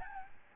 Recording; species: mosquito wingbeat signal from an infrared sensor; Aedes albopictus